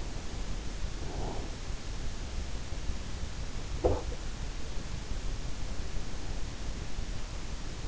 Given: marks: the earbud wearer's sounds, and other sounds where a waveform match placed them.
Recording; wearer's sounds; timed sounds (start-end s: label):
sounds in sleep by an in-ear microphone; breath
1.01-1.52 s: breath
3.87-4.02 s: sound from someone else or the room